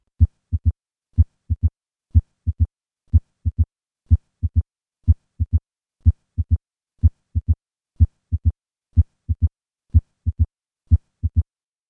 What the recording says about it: Mild mitral stenosis with an A2 to opening snap interval of 135 milliseconds. I will remove the diastolic rumble to make this difference more apparent.